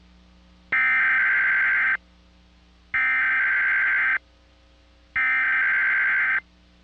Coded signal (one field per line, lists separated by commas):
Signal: Emergency Alert System (SAME) tones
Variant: header bursts